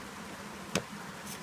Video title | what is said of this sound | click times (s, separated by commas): Mosin Nagant Sticky Bolt Fix and Complete Dissassembly/Reassembly | And then make sure it's locked into place. | 0.8 s